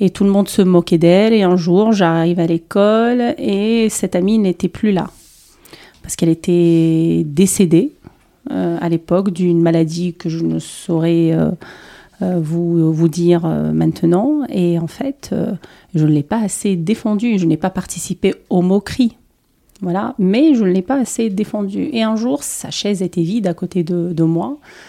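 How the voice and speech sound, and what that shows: A woman born in Tunisia speaks French in a calm, clear voice. The flow is mostly steady but broken by stretched sounds, long 'euh' fillers and a few repeated syllables and words. These fit mild stuttering, present since age 5 and lifelong, eased by lengthening words to get through blocks.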